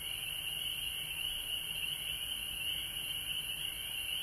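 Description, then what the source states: Continuous high-pitched frog chorus, trilling evenly without breaks, accompanied by a steady high hiss and soft low background noise. Recorded at home in Georgia on March 19, 2020.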